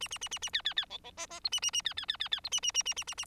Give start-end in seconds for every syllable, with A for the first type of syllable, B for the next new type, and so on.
0.00-0.08 A, 0.11-0.18 A, 0.21-0.28 A, 0.31-0.39 A, 0.42-0.50 A, 0.53-0.61 B, 0.64-0.74 B, 0.76-0.85 B, 0.90-0.98 C, 1.04-1.11 C, 1.17-1.26 D, 1.30-1.40 D, 1.44-1.49 E, 1.52-1.60 A, 1.62-1.71 A, 1.73-1.81 A, 1.85-1.94 B, 1.97-2.06 B, 2.08-2.17 B, 2.19-2.29 B, 2.31-2.40 B, 2.44-2.49 E, 2.52-2.60 A, 2.62-2.72 A, 2.74-2.83 A, 2.85-2.94 A, 2.96-3.04 A, 3.07-3.14 A, 3.17-3.25 A